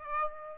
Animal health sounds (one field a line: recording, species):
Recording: mosquito wingbeat signal from an infrared sensor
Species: Aedes aegypti